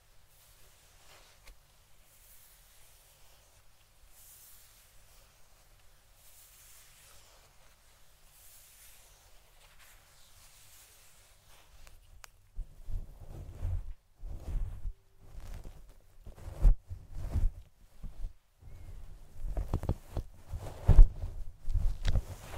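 Soft, airy brushing on a fluffy microphone stays faint at first, then after about twelve seconds turns into louder, rumbling rubs and strokes.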